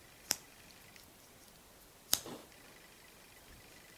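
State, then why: Seated. The blade of a traditional friction-folder pocket knife, with a steel blade and stainless bolsters, is opened and snaps into the open position in its handle. Two sharp, bright clicks are heard at 0.3 s and 2.1 s, with a faint tick between them. The blade seats and holds quite solidly.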